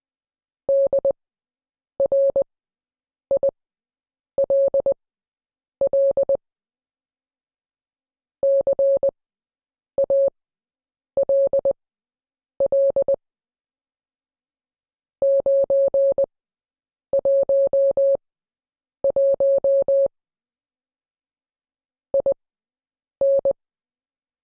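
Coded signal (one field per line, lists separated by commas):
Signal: Morse code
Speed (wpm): 20 wpm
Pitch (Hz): 550 Hz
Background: none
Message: DRILL CALL 911 IN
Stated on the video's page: Morse code class lesson.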